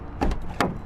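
A rubber T-handle latch on the far side of a truck hood is unhooked from the hood catch before the hood is tilted up. A pair of broad rattling bursts around 0.2–0.3 s is followed by a sharp snap at 0.6 s as the latch comes free. The latch is released.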